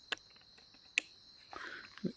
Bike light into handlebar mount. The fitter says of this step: clicks into place and I've got the smart mode activated